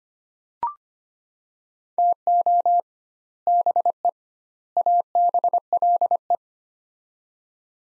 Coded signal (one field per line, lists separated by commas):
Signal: Morse code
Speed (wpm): 25 wpm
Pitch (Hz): 700 Hz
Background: none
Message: TO BE ABLE